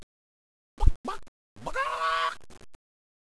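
Chicken giving one drawn-out squawk of under a second, preceded by two short sounds and followed by a few brief clicks.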